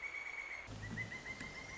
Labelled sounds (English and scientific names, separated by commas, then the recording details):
Pileated Woodpecker (Dryocopus pileatus)
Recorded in Sonoma County, California